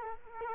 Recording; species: mosquito wingbeat signal from an infrared sensor; Culex quinquefasciatus